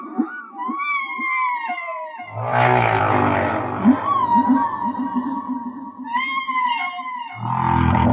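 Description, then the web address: Whale song of high wavering whistled moans and arching tones, broken by two deep, broad roaring bursts, with soft pulsed notes in between. "song of the whales"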